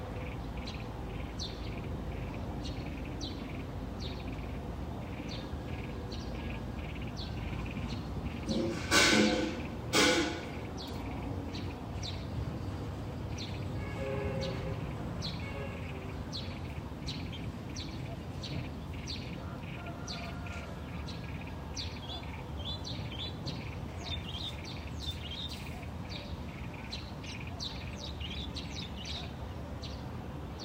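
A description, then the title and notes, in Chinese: Birds call on and off through a steady background hiss, with short chirps and tweets scattered across the whole stretch. Around the nine- and ten-second marks two louder, sharper calls stand out, perhaps a dog's bark or a rooster. 这段声音来自于4月23日的早晨。Kidd发来大理清晨的声音。听到陆续传出来的鸟叫声，一只，两只，三只，有的叽叽喳喳，有的布谷布谷。鸟叫狗吠鸡打鸣。都是用简单的设备录制而成，没有经过太多修饰。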